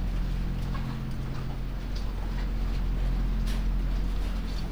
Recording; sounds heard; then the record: poultry house recording; sick chickens (respiratory disease)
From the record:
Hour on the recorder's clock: 3